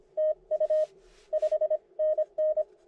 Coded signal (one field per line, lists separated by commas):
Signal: Morse code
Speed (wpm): 25 wpm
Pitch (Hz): 600 Hz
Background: none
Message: TU 5NN